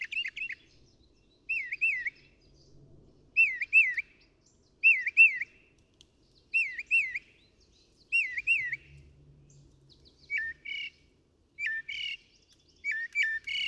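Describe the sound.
Northern mockingbird singing a wavering, warbled whistle repeated several times at steady intervals, then switching to sharper, jumping phrases.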